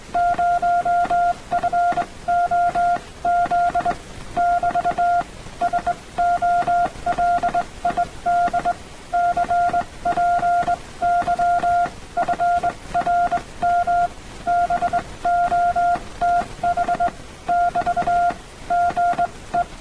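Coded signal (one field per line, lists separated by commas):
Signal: Morse code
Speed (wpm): 21 wpm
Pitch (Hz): 700 Hz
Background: none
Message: 0FOZ <BT> SOLID CPY FRM BOTH <BT> GE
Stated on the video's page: Hand-sent with a straight key (brass up-and-down key) on a CW net, recorded and checked for timing.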